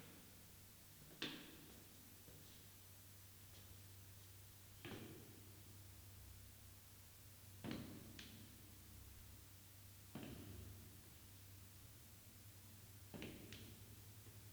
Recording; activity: daily activity, guitar pickup as the sensor; go downstairs